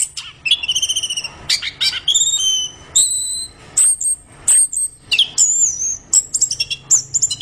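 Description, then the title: Orange-headed thrush song opening with a buzzy repeated note series, then long clear high whistles and sharp chirps separated by short gaps. Described as singing vigorously ('gacor'). "Anis Kembang Gacor"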